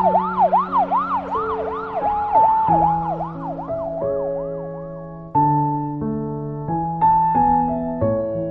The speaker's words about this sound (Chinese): 一辆警车驶出市局之后，向文昭区的方向一路疾驰。